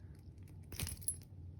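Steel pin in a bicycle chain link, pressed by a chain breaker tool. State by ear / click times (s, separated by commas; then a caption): partly seated / 1.1 s. A chain breaker tool is screwed in to press a steel pin out of a bicycle chain link, with light metallic clinks and rattles over a low background hum. A short sharp click comes at 1.1 s, but there is no clear pop and the pin only comes out a little.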